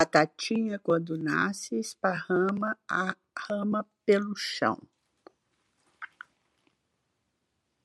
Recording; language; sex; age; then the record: short text; Brazilian Portuguese; female; 70 to 79 years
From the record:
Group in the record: control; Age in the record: 76 years